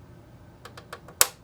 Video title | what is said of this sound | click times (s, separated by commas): Xbox 360 DVD Drive Repair (Not opening or reading disks) | You'll hear a click. | 1.2 s